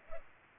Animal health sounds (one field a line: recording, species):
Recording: mosquito wingbeat signal from an infrared sensor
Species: Culex pipiens